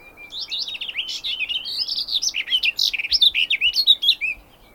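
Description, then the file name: Garden warbler song: a sustained, hurried stream of rich, gurgling warbled notes, steady and continuous for about four seconds. "kerti poszata hangja"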